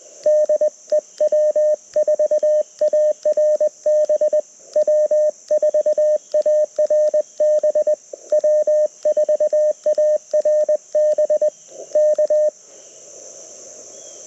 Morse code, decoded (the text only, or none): DE W4ARB W4ARB W4ARB K